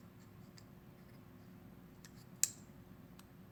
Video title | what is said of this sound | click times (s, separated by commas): Doctor's Discussion LIVE -- 0393, Arius Evolves, Norseman | yep yep there goes pops right into place and yes | 2.4 s